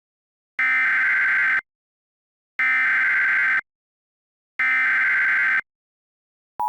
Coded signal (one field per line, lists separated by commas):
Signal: Emergency Alert System (SAME) tones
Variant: header bursts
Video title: EAS - The Living Bones